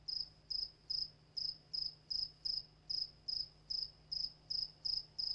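Cricket giving evenly spaced high-pitched chirps, roughly two or three per second, steady throughout, a low hum underneath.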